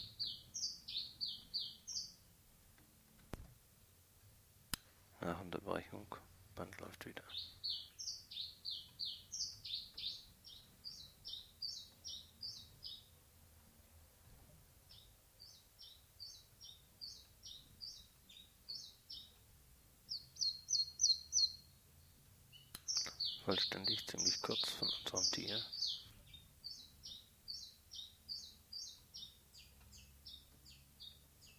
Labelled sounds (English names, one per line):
Common Chiffchaff song